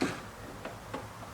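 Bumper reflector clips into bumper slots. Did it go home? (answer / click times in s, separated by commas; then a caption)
no / none. A plastic LED bumper reflector for a C7 is handled and pressed toward the bumper so its clips can lock into the bumper ears and slots. Faint handling noise is heard with two light ticks near 0.7 s and 1.0 s, but nothing has seated or clicked into place yet.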